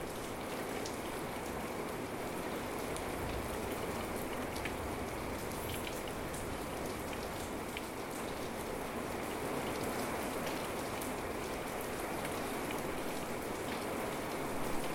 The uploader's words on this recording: Sunroom rain at night. This recording was made late in the night at my house in the country over a decade ago. A storm started rumbling in the distance, so I grabbed my field recorder, opened the doors, and started recording. Recorded by Heath Webb (thevoidinclusive).